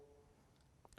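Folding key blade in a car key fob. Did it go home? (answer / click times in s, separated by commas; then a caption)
no / none. A folding key blade is flipped out of a heavy, green leather-trimmed Bentley car key fob, giving a few faint, brief ticks near the end of a quiet stretch. The blade fails to snap into place, so nothing has seated or clicked yet.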